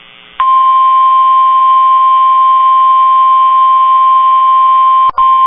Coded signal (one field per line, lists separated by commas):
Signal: Emergency Alert System (SAME) tones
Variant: 1050 Hz attention tone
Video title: EAS #1,971 Online NOAA Weather Radio Severe T’storm Warning #9 5/20/25